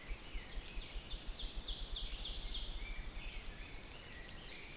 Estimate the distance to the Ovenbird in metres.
about 70 m